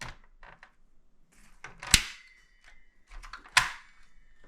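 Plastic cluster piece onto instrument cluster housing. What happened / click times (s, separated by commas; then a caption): A plastic cover piece snapped into place / 1.9 s, 3.6 s. On a 1998-2007 Chevrolet Silverado instrument cluster, taken apart for a DRNDL display repair, a plastic piece is fitted by itself onto the gauge cluster housing, with the clear plastic piece removed, to check that it snaps into place properly. After a few quieter handling taps, sharp snaps ring out at 1.9 s and 3.6 s. The piece is seated.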